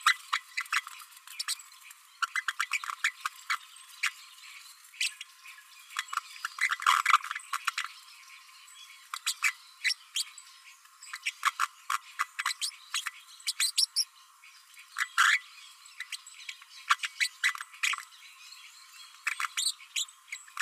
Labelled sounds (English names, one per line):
Green-rumped Parrotlet babbling